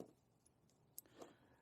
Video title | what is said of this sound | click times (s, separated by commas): 2017 5th Gen CRV Rear Brake Disk, pad and Bleed HowTo | and they snap into place to Simply do it the same way | 1.0 s